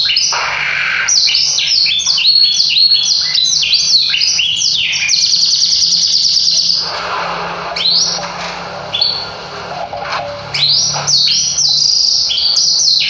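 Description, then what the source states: Yorkshire canary singing: loud song of fast rolling trills and sliding whistles, switching phrases every second or two, over a low steady hum. Yorkshire canary singing a very long song.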